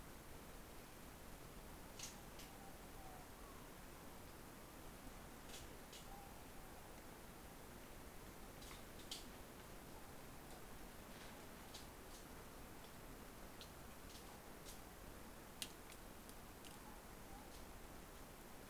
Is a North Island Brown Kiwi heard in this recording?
no